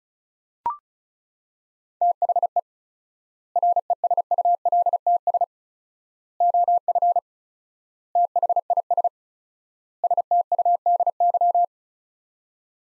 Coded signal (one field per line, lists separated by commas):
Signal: Morse code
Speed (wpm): 36 wpm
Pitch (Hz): 700 Hz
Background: none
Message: THE RESULTS OF THIS STUDY